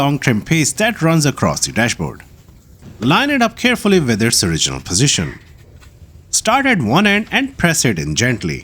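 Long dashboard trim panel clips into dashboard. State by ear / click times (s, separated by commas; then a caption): not seated / none. A long horizontal plastic trim panel for the dashboard of a Kia Sportage, taken off during AC control unit replacement, is lined up and pressed in gently, starting at one end and working along. Someone talks throughout with brief quiet gaps. The panel's plastic clips have not yet snapped or seated into the dashboard.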